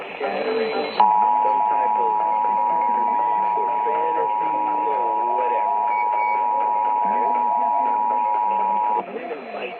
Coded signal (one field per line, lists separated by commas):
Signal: Emergency Alert System (SAME) tones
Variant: 853 and 960 Hz attention tone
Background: speech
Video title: 4am Los Angeles Required Monthly Tests (EAS #1159-#1175)